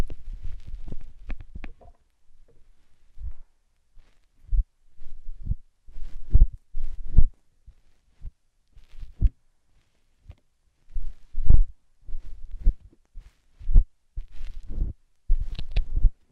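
Slime and sand being squished and pressed in short, irregular bursts, each with a soft low thump and a crackly, sticky edge. Clusters of squelches come every second or so, separated by brief silences, with busier stretches near the start and end.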